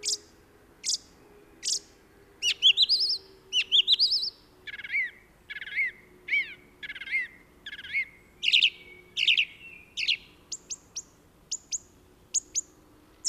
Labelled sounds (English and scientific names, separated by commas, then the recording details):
Song Thrush (Turdus philomelos) song
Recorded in the wild
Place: Kaiserslautern, Rheinland-Pfalz, DE
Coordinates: 49.3939, 7.30611
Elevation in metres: 313
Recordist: Tretzel, Erwin